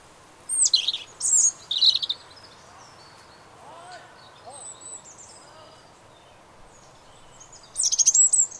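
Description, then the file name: European robin song of thin, high jangling phrases, a pause, then another bright tumbling burst. "Erithacus rubecula"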